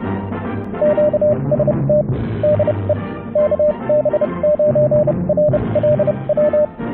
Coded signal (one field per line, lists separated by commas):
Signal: Morse code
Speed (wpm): 30 wpm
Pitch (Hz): 600 Hz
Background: radio noise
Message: QST DE KB9RLW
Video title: Ham Radio - A new project, a modern simple CW transmitter using modern electronics.